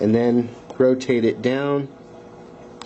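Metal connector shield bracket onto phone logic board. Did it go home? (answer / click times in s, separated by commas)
yes / 2.8 s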